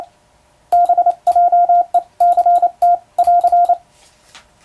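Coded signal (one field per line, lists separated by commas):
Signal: Morse code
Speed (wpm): 28 wpm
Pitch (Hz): 700 Hz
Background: none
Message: BJECT <AR>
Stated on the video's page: Morse code sent with an electronic keyer, in-the-clear telegram sending practice.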